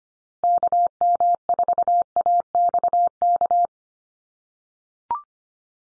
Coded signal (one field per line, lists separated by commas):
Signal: Morse code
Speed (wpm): 25 wpm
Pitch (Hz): 700 Hz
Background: none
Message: KM4AXK